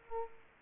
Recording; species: mosquito wingbeat signal from an infrared sensor; Aedes aegypti